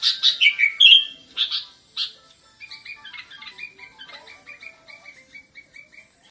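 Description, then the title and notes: Sooty-headed bulbul giving several loud, rich whistled notes, then a softer series of quick repeated chips trailing off. Described with the Indonesian bird-keeping term gacor, meaning singing vigorously and continuously. "kutilang gacor"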